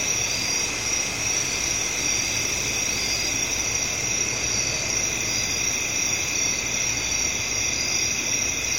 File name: Sound Ideas 2000 Series. Residential Night Time Crickets,traffic In Bg, Ambience